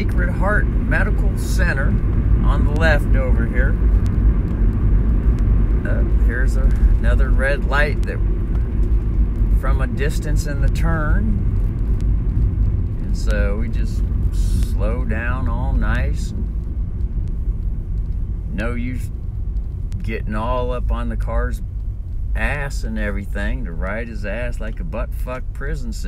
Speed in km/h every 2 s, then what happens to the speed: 39, 39, 39, 38, 37, 32, 29, 27, 19, 14, 10, 10, 10.
0-8 steady at about 39. 8-17 slows to 14. 17-26 steady at about 10.